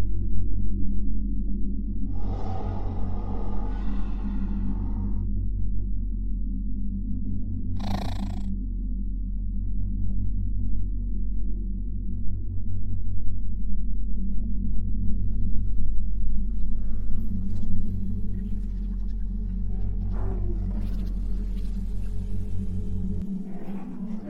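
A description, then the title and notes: Exoplanet ambience built on a steady, heavy low drone with a fast pulsing throb, like a deep purr. A hissing swell rises around 2–5 seconds and a sharp bright burst hits near 8. Faint crackles and hiss gather after 16 seconds before the drone drops out. Alien planet | Exoplanet Ambience.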